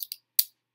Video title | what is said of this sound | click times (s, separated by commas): Super Sophie changes her Dexcom CGM | click click and that pulls the needle out | 0.4 s